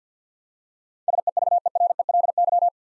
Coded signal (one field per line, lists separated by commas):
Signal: Morse code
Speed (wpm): 50 wpm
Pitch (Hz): 700 Hz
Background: none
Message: SEVERELY